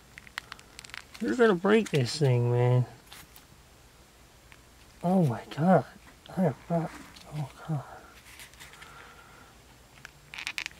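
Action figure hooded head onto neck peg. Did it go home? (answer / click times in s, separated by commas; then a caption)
no / none. Someone pushes the plastic hooded head of a NECA Friday the 13th 2009 reboot Jason action figure onto its neck peg, with short plastic ticks and taps near the start and around 10.0–10.7 seconds while someone talks. The head has not clicked or seated onto the peg.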